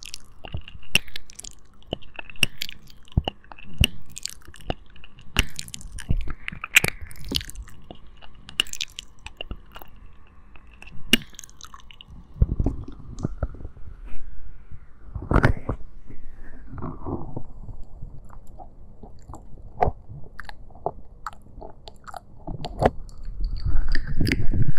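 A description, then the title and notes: Eating and mouth sounds: sharp crunchy bites and wet clicks come in quick irregular bursts throughout. Heavier chewing thumps cluster around the middle and toward the end, where the sounds grow louder and denser. ASMR para Dormir Rapidamente- Ear Eating y Mouth sounds. Combino el comer orejas con un ASMR mouth sounds.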